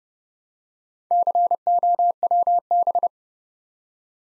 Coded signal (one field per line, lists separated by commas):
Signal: Morse code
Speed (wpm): 29 wpm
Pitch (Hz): 700 Hz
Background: none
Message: COWB